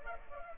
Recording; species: mosquito wingbeat signal from an infrared sensor; Culex pipiens